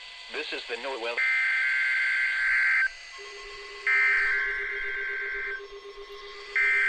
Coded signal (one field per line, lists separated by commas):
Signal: Emergency Alert System (SAME) tones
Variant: header bursts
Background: speech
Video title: 2022 EAS & Required Weekly Test finale!! | EAS #165-169 (12/28/22)